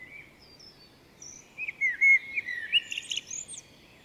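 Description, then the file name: Common blackbird giving a short fluted phrase that breaks into high, scratchy twittering notes, with faint background hiss. "Turdus merula"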